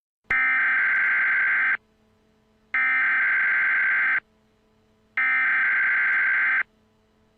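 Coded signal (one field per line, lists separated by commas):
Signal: Emergency Alert System (SAME) tones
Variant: header bursts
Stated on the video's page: Local area emergency for Mohave County, Arizona, relayed by the National Weather Service.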